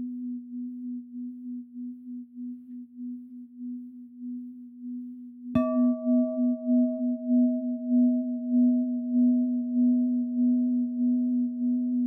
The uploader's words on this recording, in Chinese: 西藏頌缽 脈輪淨化。西藏頌缽的共鳴。